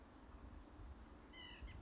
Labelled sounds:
White-breasted Nuthatch
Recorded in Sonoma County, California

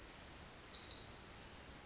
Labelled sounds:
Pacific Wren
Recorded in Sonoma County, California

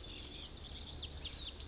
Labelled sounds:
Pacific Wren
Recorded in Sonoma County, California

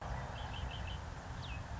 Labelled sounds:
Red-winged Blackbird
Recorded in Sonoma County, California

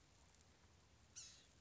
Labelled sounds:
Blue-gray Gnatcatcher
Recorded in Sonoma County, California

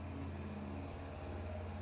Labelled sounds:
Anna's Hummingbird
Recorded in Sonoma County, California

